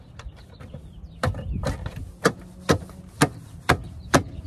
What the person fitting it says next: everything just snaps into place